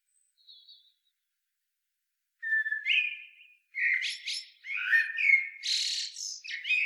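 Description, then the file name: Common blackbird: faint soft notes, then clear whistled fluting phrases followed by buzzy, squeaky high twittering bursts. "Turdus merula"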